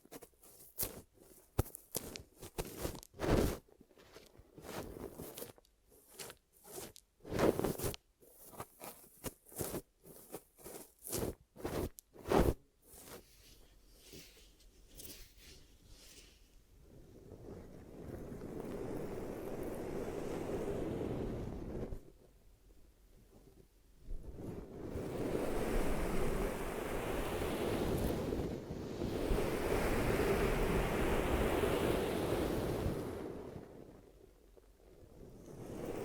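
Ear massage and cleaning: for the first dozen seconds, quick irregular taps and scratchy brushes crackle in bursts. After that the sound turns into a soft, rushing rub that swells like surf, pauses briefly around the twenty-two second mark, then returns louder and steadier.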